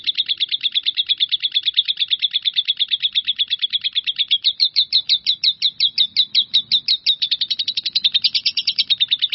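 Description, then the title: Bird song, a fast unbroken series of sharp, high chips repeated several times a second, keeping a steady chattering rhythm throughout. "burung"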